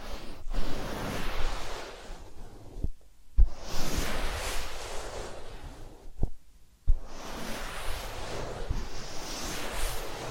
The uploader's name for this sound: Massage, Ear Cleaning and Spa